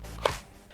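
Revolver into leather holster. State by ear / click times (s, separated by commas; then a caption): seated / 0.3 s. A revolver is slid into a stiff molded leather holster and snaps into place around the trigger guard with a sharp click at 0.3 s, followed by a short fading rustle. It seats with a positive click that shows good retention.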